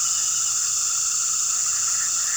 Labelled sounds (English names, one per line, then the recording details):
none
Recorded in pastures near Puerto Asís, Putumayo, Colombia, on 18 February 2024 at 19:30
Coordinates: 0.466, -76.323
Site G6384